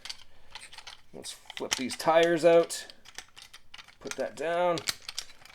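Two plastic parts of a transforming toy are handled and pressed toward each other so they can clip together, with small sharp plastic taps and ticks while someone talks. Nothing has seated or clicked yet by the end of the clip.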